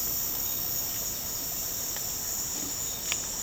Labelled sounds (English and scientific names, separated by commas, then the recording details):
none
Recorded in dense forest near Puerto Asís, Putumayo, Colombia, on 12 March 2025 at 10:30
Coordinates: 0.467, -76.328
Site G041